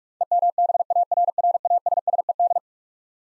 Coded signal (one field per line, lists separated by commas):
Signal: Morse code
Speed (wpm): 41 wpm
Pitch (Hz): 700 Hz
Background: none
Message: EMBARRASSED